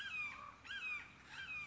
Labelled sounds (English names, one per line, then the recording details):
Red-shouldered Hawk
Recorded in Sonoma County, California